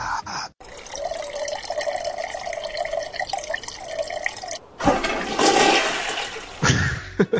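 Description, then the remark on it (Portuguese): A steady trickle of urine streams into toilet water for several seconds, then a loud, rushing toilet flush takes over and churns to the end. No one speaks. “quando você acorda, vai lá no banheiro, solta aquele peido, fazendo um xixizinho, sabe?”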